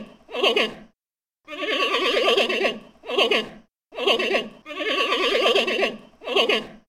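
Giant panda gives shaky, tremulous bleats in several bursts, some short and some longer, separated by brief silences.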